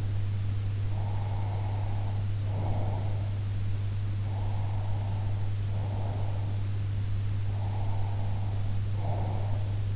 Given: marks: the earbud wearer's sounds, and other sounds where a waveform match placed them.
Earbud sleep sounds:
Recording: sounds in sleep by an in-ear microphone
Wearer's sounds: breath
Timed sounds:
0.90-3.36 s: breath
4.27-6.62 s: breath
7.45-9.96 s: breath

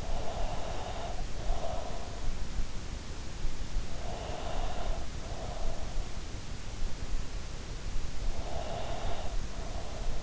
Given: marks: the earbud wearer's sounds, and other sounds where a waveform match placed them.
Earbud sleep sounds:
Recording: sounds in sleep by an in-ear microphone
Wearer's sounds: breath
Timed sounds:
0.00-2.11 s: breath
3.77-5.83 s: breath
8.63-10.23 s: breath

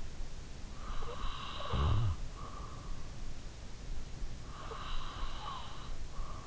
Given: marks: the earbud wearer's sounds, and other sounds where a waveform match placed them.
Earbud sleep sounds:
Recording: sounds in sleep by an in-ear microphone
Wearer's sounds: breath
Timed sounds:
0.36-2.76 s: breath
4.02-6.47 s: breath

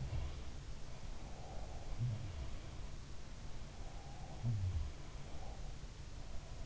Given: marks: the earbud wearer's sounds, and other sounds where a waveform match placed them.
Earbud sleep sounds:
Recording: sounds in sleep by an in-ear microphone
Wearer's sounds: breath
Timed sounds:
0.22-2.14 s: breath
3.59-5.82 s: breath

